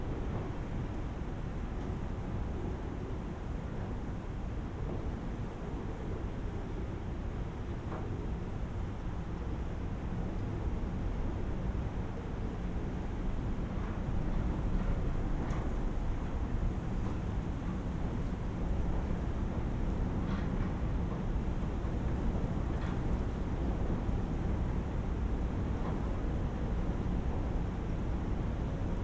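Low wind moans steadily through wires, a dense, continuous murmur weighted heavily toward the bass. A soft rustling hiss of rushes and grasses rides on top, with faint brief ticks and flickers scattered throughout, and the level swells slightly midway.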